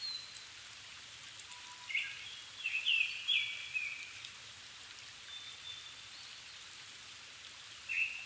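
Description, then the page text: Japanese thrush giving a short series of bright whistles and slurs, then a quiet stretch of hiss before one more phrase at the end. Recorded 7 May 2011 at 17:59 in the evening, at 270 m altitude, with a Sony PCM-D50 and Panasonic WM-61A mic, in Japan. "Turdus cardis [Sounds -Nikko Today-]"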